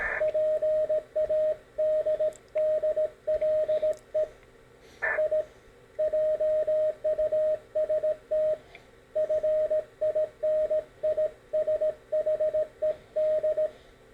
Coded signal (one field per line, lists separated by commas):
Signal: Morse code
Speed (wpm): 18 wpm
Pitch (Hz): 620 Hz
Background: radio noise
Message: PADDLE I JUST FINISHED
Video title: Capacitive twin touch paddles for Morse Code